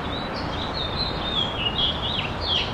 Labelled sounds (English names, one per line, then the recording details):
House Finch song
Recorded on Long Island, New York, on 25 May 2011
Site KG
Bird A